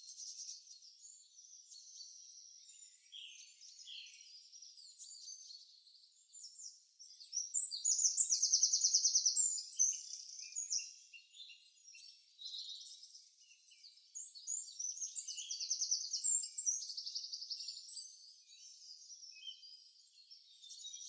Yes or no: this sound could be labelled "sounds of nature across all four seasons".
yes